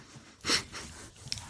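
One brief, sharp, high-pitched sneeze from an adult, a quick hissing burst likened to the sneeze of a Yorkshire Terrier, against a quiet indoor background.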